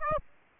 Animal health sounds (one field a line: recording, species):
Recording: mosquito wingbeat signal from an infrared sensor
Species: Aedes aegypti